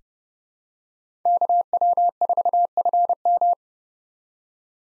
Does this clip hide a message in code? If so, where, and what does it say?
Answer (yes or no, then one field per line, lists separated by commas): yes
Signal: Morse code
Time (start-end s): 1.3-3.5 s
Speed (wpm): 30 wpm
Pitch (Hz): 700 Hz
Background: none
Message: KW4FM